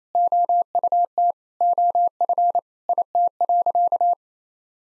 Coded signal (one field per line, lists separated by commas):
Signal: Morse code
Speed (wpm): 28 wpm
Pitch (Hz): 700 Hz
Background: none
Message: OUT OF IT.